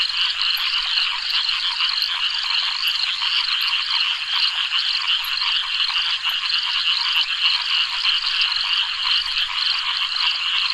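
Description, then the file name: Frogs and toads calling in a dense, continuous chorus of high trilling and rattling notes throughout. Frogs and toads with many insects at a reservoir at night in subtropical Australia. "zapsplat animals frogs toads many insects reservoir night subtropical australia"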